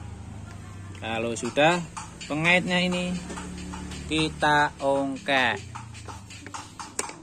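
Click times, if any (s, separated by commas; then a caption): 7.0 s. Someone talks over background music while an NHK RX9 Crosider helmet visor is hooked onto its side latch and pressed in on one side. A few small ticks come near the end, then a sharp click at 7.0 s as that side of the visor locks in place.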